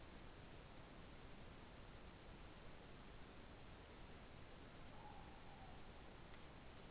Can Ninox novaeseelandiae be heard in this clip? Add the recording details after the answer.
yes. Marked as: faintness 3/5. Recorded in New Zealand. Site Taranaki